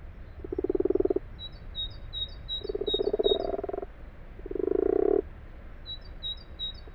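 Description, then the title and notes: Common frog calls in three soft purring bursts of about a second each, low and pulsed, with faint high bird chirps running along in the background. Common frogs calling in daytime in an abandoned, water-filled wash house in a field; 21 February 2020, 12:45, Fourcinet, Drôme, France; recorded binaurally on Nagra LB. "Ca roucoule dans le lavoir. 21 février 2020-12h45-Fourcinet - Drôme - Nagra LB - binaural. roucouler les Grenouilles rousses (Rana temporia)"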